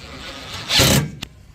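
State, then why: Seated. The mounting clamp of the first solar panel is fitted onto an aluminium roof rail, producing a broad scraping, sliding rub that swells around 0.7–1.0 s. A sharp click follows at 1.2 s as the clamp locks in place on the rail, then a fainter tick near 1.6 s.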